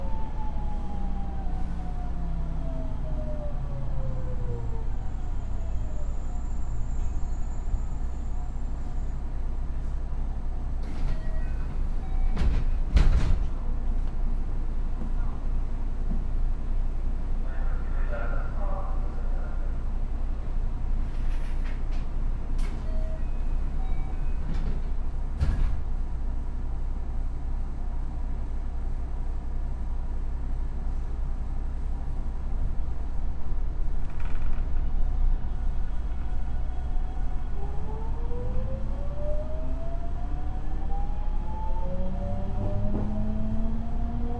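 Running sound of a 207 series electric train: a steady low rumble and hum fill the whole clip at an even level. Rising and falling motor whines sweep at the start and again near the end, with sharp clicks around 13 and 25 seconds.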